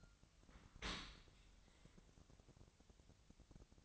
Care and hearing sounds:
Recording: daily activity, microphone in the room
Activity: open dishwasher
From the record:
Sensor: 3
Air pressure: 1003.1 hPa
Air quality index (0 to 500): 199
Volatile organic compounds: 6 ppm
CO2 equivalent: 1937 ppm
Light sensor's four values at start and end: 35/87/37/40 and 35/87/37/40

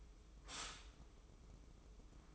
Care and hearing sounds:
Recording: daily activity, microphone in the room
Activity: stop toaster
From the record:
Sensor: 1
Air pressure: 995.3 hPa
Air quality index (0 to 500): 25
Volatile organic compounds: 0 ppm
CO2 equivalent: 500 ppm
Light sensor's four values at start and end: 16/55/20/21 and 16/55/20/21

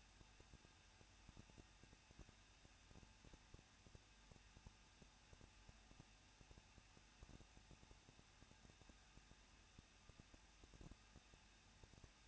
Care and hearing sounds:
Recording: daily activity, microphone in the room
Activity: no activity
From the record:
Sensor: 2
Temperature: 21.0 degrees Celsius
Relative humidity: 37.3%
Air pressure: 1006.3 hPa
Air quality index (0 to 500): 221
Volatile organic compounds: 23 ppm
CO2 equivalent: 2786 ppm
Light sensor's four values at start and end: 2/3/2/2 and 2/3/2/2

